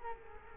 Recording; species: mosquito wingbeat signal from an infrared sensor; Culex quinquefasciatus